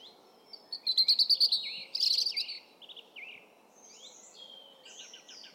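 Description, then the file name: European robin song, a loud rapid trill followed by a second buzzy burst, then softer sliding, tinkling high notes fading into quieter phrases over low background noise. "Erithacus rubecula"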